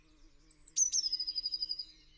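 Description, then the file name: Eurasian blue tit giving a very high thin note followed by a fast, even trill that slightly descends. "Cyanistes caeruleus"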